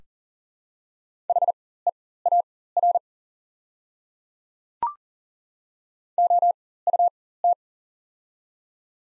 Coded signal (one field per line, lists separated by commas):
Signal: Morse code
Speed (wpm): 40 wpm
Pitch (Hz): 700 Hz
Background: none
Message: HEAR OUT